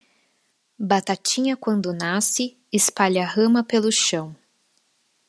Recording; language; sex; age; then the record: short text; Brazilian Portuguese; female; 40 to 49 years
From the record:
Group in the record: control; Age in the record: 40 years